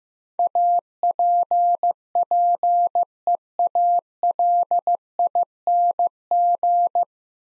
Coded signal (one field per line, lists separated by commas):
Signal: Morse code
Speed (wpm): 15 wpm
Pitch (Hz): 700 Hz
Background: none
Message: APPEALING